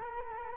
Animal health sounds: mosquito wingbeat signal from an infrared sensor; Culex quinquefasciatus

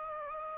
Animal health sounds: mosquito wingbeat signal from an infrared sensor; Aedes aegypti

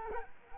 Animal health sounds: mosquito wingbeat signal from an infrared sensor; Culex quinquefasciatus

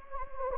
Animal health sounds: mosquito wingbeat signal from an infrared sensor; Anopheles gambiae

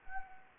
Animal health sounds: mosquito wingbeat signal from an infrared sensor; Anopheles arabiensis

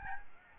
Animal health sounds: mosquito wingbeat signal from an infrared sensor; Aedes albopictus

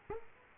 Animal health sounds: mosquito wingbeat signal from an infrared sensor; Culex quinquefasciatus

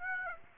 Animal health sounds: mosquito wingbeat signal from an infrared sensor; Aedes aegypti

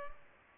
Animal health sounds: mosquito wingbeat signal from an infrared sensor; Culex pipiens

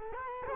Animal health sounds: mosquito wingbeat signal from an infrared sensor; Culex quinquefasciatus

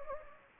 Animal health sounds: mosquito wingbeat signal from an infrared sensor; Anopheles gambiae

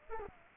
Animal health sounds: mosquito wingbeat signal from an infrared sensor; Culex pipiens

